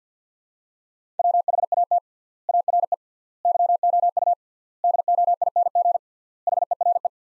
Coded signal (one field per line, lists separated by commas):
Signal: Morse code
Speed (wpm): 48 wpm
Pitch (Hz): 700 Hz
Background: none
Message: WHAT ARE YOU DOING HERE